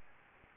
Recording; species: mosquito wingbeat signal from an infrared sensor; Anopheles gambiae